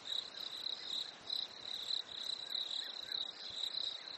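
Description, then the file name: Steady high cricket chirping pulses without a break, with faint background hiss and no other clear callers. Nature ambience at a lake in winter, with crickets. "smartsound ATMO NATURE Fresh Winter Lake Crickets Birds"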